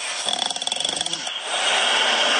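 An adult woman's loud, rapidly fluttering, groaning snore, like the sound of a dying calf, lasting about a second, followed by steady background hiss.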